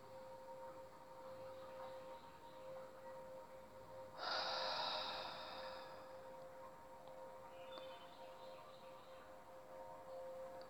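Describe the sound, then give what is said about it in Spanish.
A single long, deep breath during a relaxation breathing exercise rushes in as a soft, airy whoosh, swells, then fades slowly. Near-silence with a steady faint hum follows, with only a hint of another gentle breath. “Sigo esta respiración, sigo relajando el cuerpo.”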